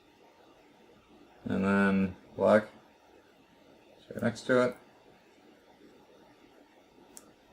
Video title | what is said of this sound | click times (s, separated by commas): How To Clean a Commodore 64 Keyboard | clicked great | 7.2 s